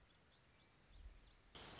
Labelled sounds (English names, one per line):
Warbling Vireo